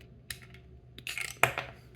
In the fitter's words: locks into place, and then there should be an opening to put this brick